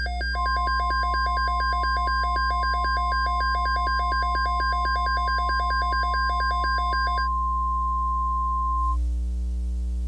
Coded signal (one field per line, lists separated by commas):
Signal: Emergency Alert System (SAME) tones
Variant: 1050 Hz attention tone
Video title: EAS Scenario: Tornado Alley Death Trap